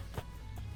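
A rubber floor liner is lined up over the floor retention clips of a dirty Jeep Grand Cherokee SRT and handled into position, with a short, soft thump at about 0.2 s over a low steady hum. Nothing has seated or clicked into the retention hook yet.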